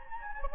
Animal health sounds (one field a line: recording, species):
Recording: mosquito wingbeat signal from an infrared sensor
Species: Anopheles gambiae